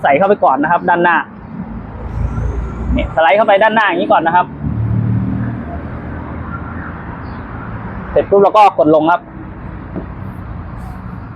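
The front end of a rubber window weatherstrip is slid into the door channel of a 2012 Ford car and lined up before being pressed down to lock. Someone talks in short bursts over a steady low background rumble. Nothing has clicked or seated yet.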